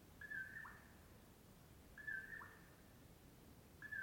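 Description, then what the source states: Common Poorwill song, a mellow whistled phrase with a short dipping last note, repeated about every two seconds over a quiet low rumble. Heard at dawn before other morning birds start, near Colockum Pass off Brewton Road; mellow "poor-will-low"; crepuscular nightjar.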